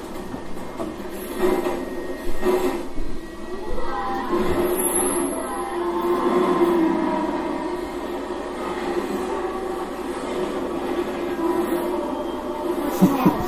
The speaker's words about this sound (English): But that train, that 80 mile per hour train is going straight towards that passenger. Look at that, right there. See, that train is going towards the passenger.